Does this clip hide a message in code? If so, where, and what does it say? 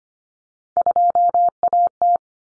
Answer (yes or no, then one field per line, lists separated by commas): yes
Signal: Morse code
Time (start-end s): 0.8-2.2 s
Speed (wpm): 25 wpm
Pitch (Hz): 700 Hz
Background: none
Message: 2AT